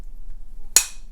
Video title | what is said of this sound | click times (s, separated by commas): Zaharoff Signature Royale and Noir Review #zaharoff #perfume #cologne | Twist to go back on, and it just clicks into place. | 0.8 s